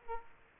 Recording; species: mosquito wingbeat signal from an infrared sensor; Aedes aegypti